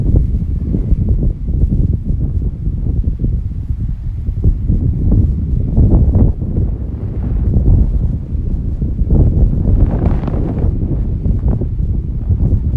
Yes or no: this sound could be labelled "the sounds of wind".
yes